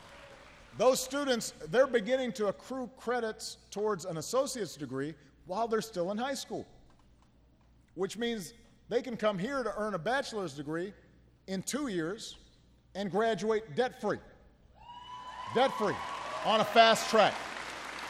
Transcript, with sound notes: Those students, they're beginning to accrue credits towards an associate’s degree while they’re still in high school, which means they can come here to earn a bachelor’s degree in two years and graduate debt free. (Applause.) Debt free, on a fast track.